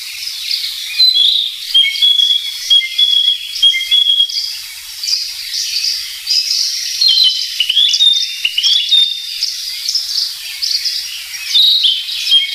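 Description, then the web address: Narcissus flycatcher song: a continuous flow of clear whistled notes and quick warbled phrases, high-pitched, with brief pure tones held between varied trills. "sikioto. kibitaki"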